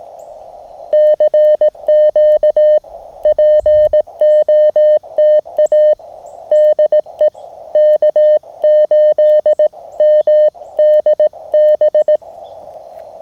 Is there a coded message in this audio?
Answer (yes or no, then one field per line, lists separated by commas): yes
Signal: Morse code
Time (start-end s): 0.9-12.2 s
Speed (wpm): 18 wpm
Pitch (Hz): 1800 Hz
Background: none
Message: CQ POTA DE K8MDB